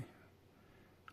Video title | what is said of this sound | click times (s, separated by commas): Talking Geeky Stuff: Xiaomi Watch S3 Unboxing and a Quick Overview | let's have a look oh it's it's counter clockwise then you open it up there's a snap there | 1.1 s